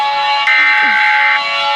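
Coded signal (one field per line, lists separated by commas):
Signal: Emergency Alert System (SAME) tones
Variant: header bursts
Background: speech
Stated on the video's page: Fictional EAS scenario, not a real alert.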